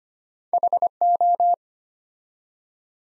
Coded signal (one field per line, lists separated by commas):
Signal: Morse code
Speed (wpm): 25 wpm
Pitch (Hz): 700 Hz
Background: none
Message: HO